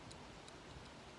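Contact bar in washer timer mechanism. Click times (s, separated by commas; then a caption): 0.1 s, 0.5 s. A contact bar inside a washer timer mechanism is let go, and small, faint clicks sound at 0.1 s and 0.5 s over a steady low background hiss. The contact clicks into its proper position as though contact is being made, and the bar is seated.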